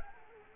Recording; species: mosquito wingbeat signal from an infrared sensor; Culex quinquefasciatus